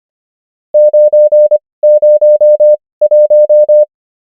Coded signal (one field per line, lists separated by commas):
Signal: Morse code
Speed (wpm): 25 wpm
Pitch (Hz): 600 Hz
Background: none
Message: 901